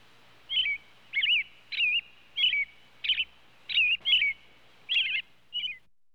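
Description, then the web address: Robin calls: nine short, sharp chirping notes, each with a quick warbled twist, repeated roughly every two-thirds of a second. "Robin Bird Calls"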